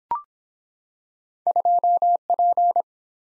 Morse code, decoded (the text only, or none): 2P